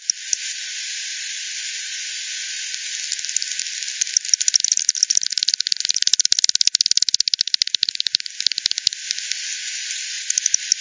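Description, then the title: Bat: hiss alone for several seconds, then bat echolocation calls build into rapid trains of sharp clicks that continue to the end. Multiple bats by the Hogsmill River, Hogsmill Lane, 7 October 2020 at 18:10 Z; frequency-division (FD10) bat detector recording, bandpass filtered and resampled. "WW bat 20201007 T 18 : 10 Z-Hogsmill-Lane-Hogsmill-River-multiple-bats"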